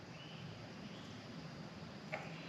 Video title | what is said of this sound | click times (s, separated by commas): The Best Motorcycles of 2025 | You've got two little keyways here, and it just slides on, locks into place. | 2.1 s